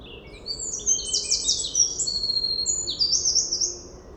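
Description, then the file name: Eurasian wren song, a vigorous high series of rapid trills and sharp whistled notes in one sustained phrase, with faint low-frequency noise behind. "Troglodytes troglodytes"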